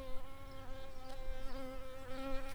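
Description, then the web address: Shrill carder bee worker buzzing, a steady, rich, low droning hum with many overtones, wavering slightly in pitch and loudness throughout. "bumblebees Sylvarum-workers"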